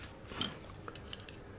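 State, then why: Seated. During a teardown of a Schnitzel KVAR back-lock folding knife, the large tooth of the removed lock bar is dropped into the notch in the blade tang. A sharp metallic click at 0.4 s is followed by a few fainter light ticks. The back-lock engages and locks into place.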